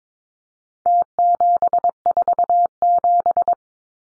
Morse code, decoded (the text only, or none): T747